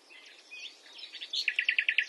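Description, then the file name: Common nightingale song: soft warbled notes leading into a fast, evenly spaced series of loud repeated chirps. "Luscinia megarhynchos"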